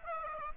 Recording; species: mosquito wingbeat signal from an infrared sensor; Aedes aegypti